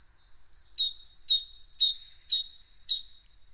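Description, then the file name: Great tit song of five two-note phrases, high and piercing, alternating a sustained tone with a stressed chip, delivered rapidly. "Parus major"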